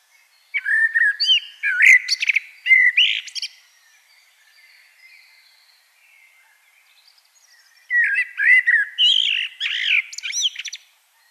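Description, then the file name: Common blackbird song: two warbling phrases of low fluted whistles, each ending in high squeaky twitters, separated by a long pause with faint high notes. "Turdus merula"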